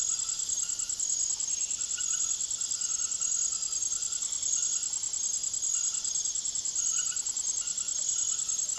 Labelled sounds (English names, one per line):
none